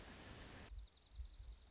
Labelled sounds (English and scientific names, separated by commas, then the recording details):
Dark-eyed Junco (Junco hyemalis)
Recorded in Sonoma County, California